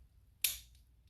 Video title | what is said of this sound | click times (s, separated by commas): Neo Maintenance, Freehub and Disc Bearing Replacement LIVE | you hear that snap that's | 0.5 s